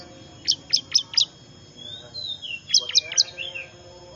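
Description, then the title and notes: Bar-winged prinia: four sharp high chips, soft thin whistles, then three more chips and another faint whistle. Lure call said to be most effective at attracting wild small birds (burcil ribut); Indonesian name ciblek. "Suara Pikat Burcil Ribut Ngabisin Burung Liar Ini. ciblek"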